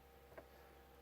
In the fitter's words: you should feel kind of snap into place